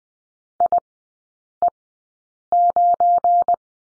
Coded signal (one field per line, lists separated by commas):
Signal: Morse code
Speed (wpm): 20 wpm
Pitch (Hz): 700 Hz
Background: none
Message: IE9